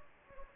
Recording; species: mosquito wingbeat signal from an infrared sensor; Anopheles gambiae